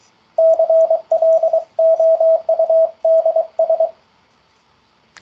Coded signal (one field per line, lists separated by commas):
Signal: Morse code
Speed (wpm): 23 wpm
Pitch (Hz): 650 Hz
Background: radio noise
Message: CLOUDS